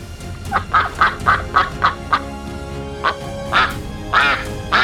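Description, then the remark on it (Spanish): Ducks quack in a quick, rhythmic run of nasal calls as they resurface from a pond, then fall briefly quiet before a few more quacks break out, the last ones louder and harsher. “Pasaron hasta 5 minutos y los patos no volvían a salir.”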